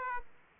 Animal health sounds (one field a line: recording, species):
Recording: mosquito wingbeat signal from an infrared sensor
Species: Aedes aegypti